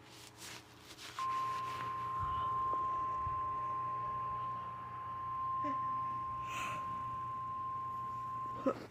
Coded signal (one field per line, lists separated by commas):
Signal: Emergency Alert System (SAME) tones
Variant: 1050 Hz attention tone